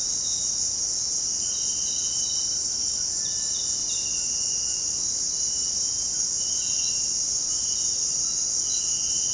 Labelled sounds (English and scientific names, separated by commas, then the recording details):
none
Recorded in dense forest near Puerto Asís, Putumayo, Colombia, on 23 June 2025 at 18:00
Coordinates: 0.499, -76.324
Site G100